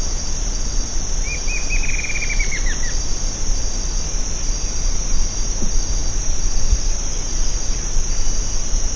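Bird giving a single descending series of quick notes against constant high-pitched insect buzzing and background hiss.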